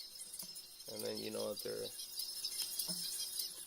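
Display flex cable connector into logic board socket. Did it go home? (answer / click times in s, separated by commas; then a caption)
yes / 2.8 s. While reassembling an iPhone, the display flex cable connectors are pressed onto their sockets on the logic board without pressing too hard. Someone talks over a high hiss, and a short, sharp click at 2.8 s marks a connector snapping into place. The connector is seated.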